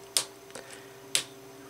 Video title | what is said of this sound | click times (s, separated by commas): Replacement Keyboard Key Gateway Repair Guide | now that all four corners are snapped down check the key for functionality | 0.2 s, 1.2 s